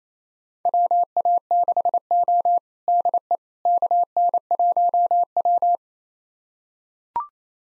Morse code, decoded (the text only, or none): WA6O DE KN1W